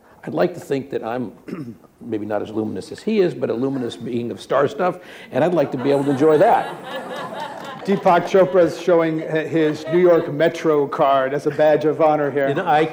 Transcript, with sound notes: I'd like to think that I'm - maybe not as luminous as he is - but a luminous being of star stuff, and I'd like to be able to enjoy that.
[Laughter]
Deepak Chopra is showing his New York Metro card as a badge of honor here.